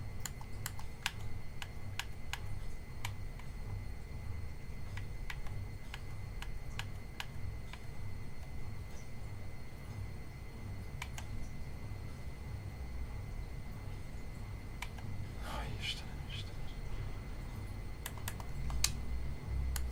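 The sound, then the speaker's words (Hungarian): A washing machine runs a load of laundry with a steady low rumbling hum, punctuated by irregular sharp clicks and ticks, and a brief louder whirring swell near the end as the machine spins up. No one speaks. “És igen, hangos a mosógépen, behallatszik, hogy itt dolgozik a technika a háttérben.”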